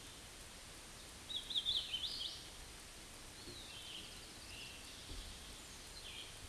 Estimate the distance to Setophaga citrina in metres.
about 35 m